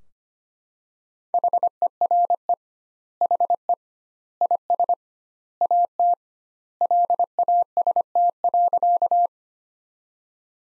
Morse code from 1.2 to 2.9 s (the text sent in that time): HERE